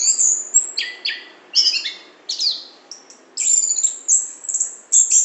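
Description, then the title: Lovebird calls, piercing high squeals and descending squeaky notes in irregular bursts over a soft steady hiss. Lure call (pikat) used to attract lovebirds. "PIKAT BURUNG LOVEBIRD"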